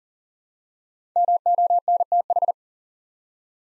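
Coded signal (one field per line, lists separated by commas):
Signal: Morse code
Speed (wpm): 41 wpm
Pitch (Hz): 700 Hz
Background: none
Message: MONTH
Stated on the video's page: Morse code practice at 40 wpm, building 3- to 5-letter words one letter at a time for instant character recognition.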